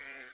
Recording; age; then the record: pig call; piglet (1 to 25 days)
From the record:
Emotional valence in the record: positive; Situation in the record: reunion after long isolation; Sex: male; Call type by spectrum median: low-frequency call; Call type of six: low-frequency tonal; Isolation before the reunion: 8 minutes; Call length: 0.34 s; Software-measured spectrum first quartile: 1743 Hz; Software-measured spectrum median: 2358 Hz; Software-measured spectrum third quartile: 4245 Hz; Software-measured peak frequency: 2366 Hz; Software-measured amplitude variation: 68 dB a second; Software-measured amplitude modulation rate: 23.8 a second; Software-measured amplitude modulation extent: 2.9 dB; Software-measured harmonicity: 0.7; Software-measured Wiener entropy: -1.53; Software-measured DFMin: 1012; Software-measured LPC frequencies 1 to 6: 1697, 2213, 4891, 7254, 8402, 9917 Hz